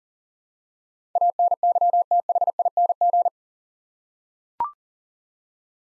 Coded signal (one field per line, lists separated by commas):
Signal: Morse code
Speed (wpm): 40 wpm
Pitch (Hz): 700 Hz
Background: none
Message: ANYTHING